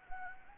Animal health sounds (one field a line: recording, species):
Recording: mosquito wingbeat signal from an infrared sensor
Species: Anopheles arabiensis